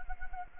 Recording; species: mosquito wingbeat signal from an infrared sensor; Anopheles gambiae